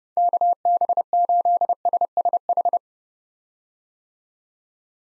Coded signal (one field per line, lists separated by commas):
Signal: Morse code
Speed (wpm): 32 wpm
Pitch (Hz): 700 Hz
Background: none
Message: KB8SSH